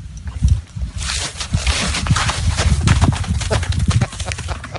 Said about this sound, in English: That's an actual horse. Is that a Foley artist?